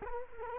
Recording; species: mosquito wingbeat signal from an infrared sensor; Culex quinquefasciatus